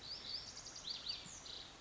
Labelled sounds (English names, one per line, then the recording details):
Lazuli Bunting
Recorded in Sonoma County, California